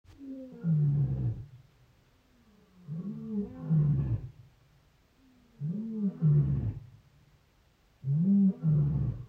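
Lion giving four deep, moaning roars with a rising then falling tone, spaced roughly two and a half seconds apart.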